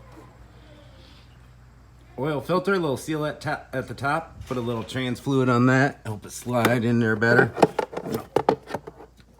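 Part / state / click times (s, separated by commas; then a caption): transmission filter into the valve body inlet bore / seated / 8.4 s, 8.5 s. On a 2014 Ford F-150 during a transmission service, a transmission filter whose seal has been coated with a little transmission fluid is pushed up so its neck goes into the inlet bore in the valve body. Someone talks over low background noise, then two sharp hits ring out at 8.4 s and 8.5 s. The filter neck pops in and seats.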